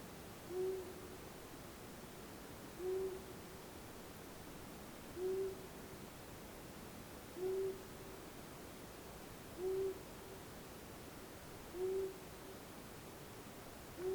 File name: Asio Otus